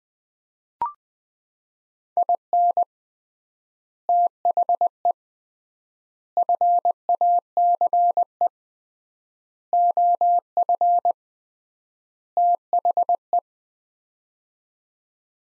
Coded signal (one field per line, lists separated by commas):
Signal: Morse code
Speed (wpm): 20 wpm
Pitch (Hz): 700 Hz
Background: none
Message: IN THE FACE OF THE